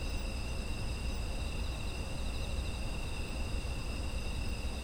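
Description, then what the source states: Several insects keep up constant high trills, some faintly pulsing, over a persistent low-pitched background hum. Ambient chorus of autumn insects.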